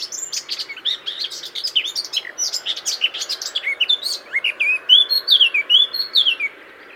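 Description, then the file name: Eurasian blackcap song: a fast, scratchy chattering warble that breaks into clear, loud fluted whistles for about two seconds before it stops just short of the end. "Sylvia atricapilla"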